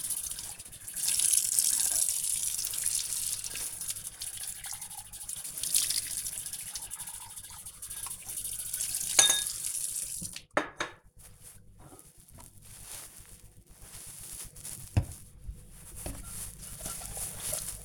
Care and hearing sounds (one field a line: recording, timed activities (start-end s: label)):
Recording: household activities, microphone on the right wrist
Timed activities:
0.00-17.85 s: washing dishes